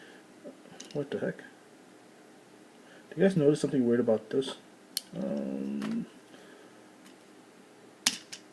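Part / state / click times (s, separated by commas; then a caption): plastic part of a transforming toy figure into its vehicle-mode position / seated / 8.1 s. Someone talks while checking the vehicle mode of a plastic Transformers Prime Optimus Prime Powerizer transforming toy and fixing a part that looked wrong. At 8.1 s, a sharp snap is heard as the plastic part seats into its vehicle-mode position, followed by two smaller clicks at about 8.3 s and 8.5 s.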